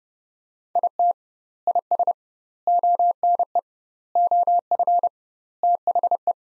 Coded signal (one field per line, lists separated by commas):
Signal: Morse code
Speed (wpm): 30 wpm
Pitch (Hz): 700 Hz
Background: none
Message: IT IS ONE OF THE